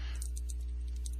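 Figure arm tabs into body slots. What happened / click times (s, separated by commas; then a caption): The plastic arm tabs snapped into their slots / 0.5 s, 1.1 s. During the transformation of a Voyager Class ROTF The Fallen plastic action figure, the arm pieces are pushed so their tabs engage the slots on the body. Small, sharp plastic clicks and light ticks sound over a steady low hum. The arms tab securely into place with clicks at 0.5 s and 1.1 s.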